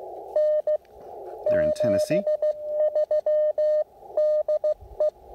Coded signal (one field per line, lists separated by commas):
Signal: Morse code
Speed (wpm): 14 wpm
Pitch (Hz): 610 Hz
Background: speech, radio noise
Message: N 73 DE